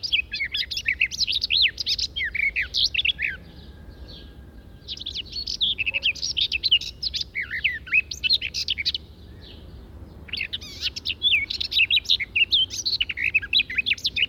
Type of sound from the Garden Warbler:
song